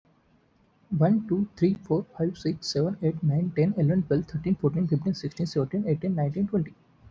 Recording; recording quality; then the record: counting at a fast pace; excellent, no background noise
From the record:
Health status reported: healthy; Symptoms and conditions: none ticked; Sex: male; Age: 23 years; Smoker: not ticked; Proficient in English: yes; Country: India